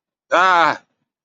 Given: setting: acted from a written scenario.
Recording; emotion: vocal sound without words; pain